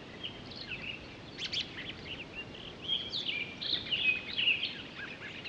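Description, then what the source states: Townsend's solitaire singing a quick, tumbling warble of high notes, with level whistles threaded through it. On 23 October 2011.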